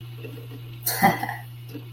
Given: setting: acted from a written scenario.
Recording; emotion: vocal sound without words; pride